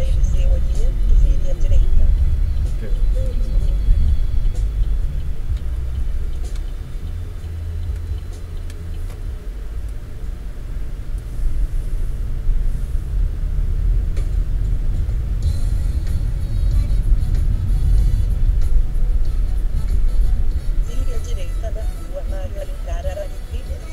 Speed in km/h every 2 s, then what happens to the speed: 30, 28, 17, 9, 10, 16, 24, 30, 29, 22, 12, 5.
0-6 brakes to 9. 6-14 speeds up to 30. 16-24 slows to 5.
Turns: 4-10.